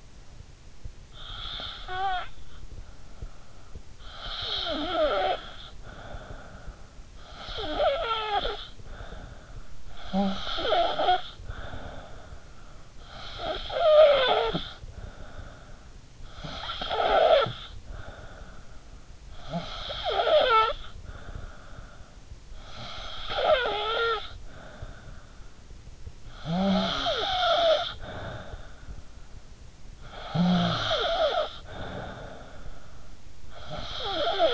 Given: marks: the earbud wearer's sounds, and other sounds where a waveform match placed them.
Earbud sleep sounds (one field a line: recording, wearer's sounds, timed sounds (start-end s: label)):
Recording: sounds in sleep by an in-ear microphone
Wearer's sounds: snoring breath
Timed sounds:
0.60-34.54 s: snoring breath